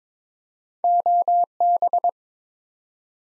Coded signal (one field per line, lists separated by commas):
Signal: Morse code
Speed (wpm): 22 wpm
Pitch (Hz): 700 Hz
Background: none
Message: OB